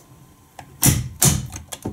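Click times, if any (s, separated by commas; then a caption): 0.8 s, 1.2 s. A new plastic call button for a Kone Series 220 elevator is pressed into its metal fixture faceplate. A faint tick comes first, then two loud, sharp snaps at 0.8 s and 1.2 s, followed by a few lighter taps. The button clicks into place and stays locked in.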